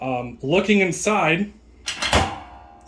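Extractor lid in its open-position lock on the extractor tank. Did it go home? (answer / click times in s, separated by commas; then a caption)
yes / 2.1 s. Someone talks, then the hinged lid of a Hillco Bees MiniMAX motorized honey extractor is lifted until its stay locks it in the open position on the extractor tank. A short clunk at 2.1 s marks the lid seating in its open-position lock, so it stays up without needing to be set down while the extractor is loaded.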